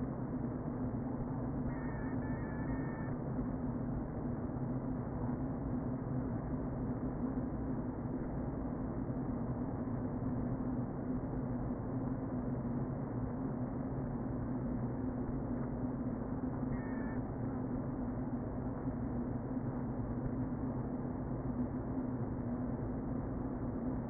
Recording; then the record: honeybee colony, microphone inside the hive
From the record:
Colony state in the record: queen present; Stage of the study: before two queens were removed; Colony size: about 60,000 bees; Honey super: yes